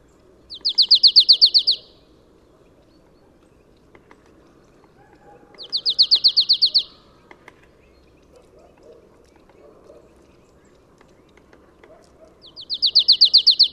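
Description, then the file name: Marsh tit giving a rapid, dry trill of high notes three times, several seconds apart, the last cut off, over faint low background noise. "Poecile palustris"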